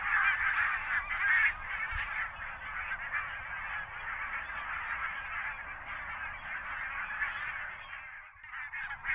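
Bird calls in a dense, unbroken chorus of harsh, honking notes from many birds at once, steady throughout, with a brief lull just before the end.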